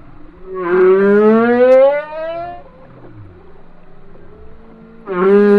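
Whale song with a long rising tonal upsweep, a quiet gap with faint low sliding tones, then another loud harmonic unit beginning.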